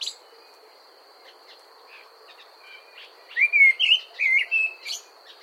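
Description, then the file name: Common blackbird giving a rich warbled phrase of several looping, mellow notes in the second half, after faint scattered chips; a constant thin high tone in the background. "Turdus merula"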